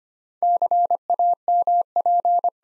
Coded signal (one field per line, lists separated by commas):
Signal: Morse code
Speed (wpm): 25 wpm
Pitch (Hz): 700 Hz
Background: none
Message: CAMP